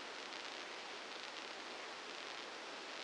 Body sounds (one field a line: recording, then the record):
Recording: brain microelectrode recording played as sound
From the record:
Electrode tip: inside the subthalamic nucleus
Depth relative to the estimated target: -3 mm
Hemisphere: left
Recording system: NeuroSet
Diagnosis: Parkinson's disease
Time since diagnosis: 8 years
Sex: male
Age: 59 years